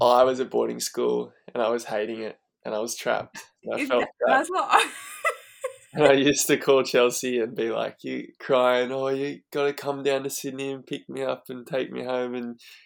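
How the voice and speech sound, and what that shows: An adult man speaks in a relaxed, conversational way at an ordinary pitch and pace, with a brief burst of laughter midway. Articulation is clear and fluent, with no blocks, slurring or voice strain: typical adult speech.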